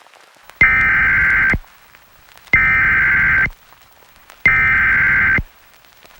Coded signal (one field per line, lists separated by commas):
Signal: Emergency Alert System (SAME) tones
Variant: header bursts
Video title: EAS recreation: White Cloud Jail Escape EAS interrupts Terra TV TWC [FANMADE]